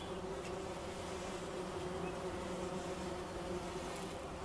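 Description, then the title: Bumblebee buzz, an even low hum with faint harmonics under a hissy background, a couple of soft clicks. Recorded in Wülfel, Hannover, Germany. "Wülfel, Hannover, Deutschland - Hummelgebrumm"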